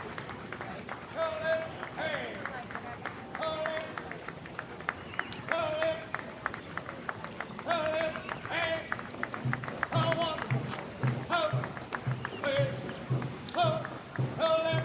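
A Memorial Day parade on College Ave with a busy crowd murmuring and talking, sharp clicks and taps throughout, and occasional bright tonal bursts.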